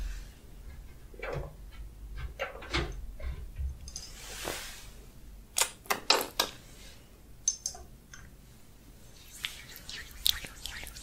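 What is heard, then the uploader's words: Wet squishing and slick rubbing sounds from an oily face massage, arriving in irregular bursts with a brief hiss near four seconds. ASMR Oil Face Massage & Facial Treatment Roleplay for Sleep face touching personal attention.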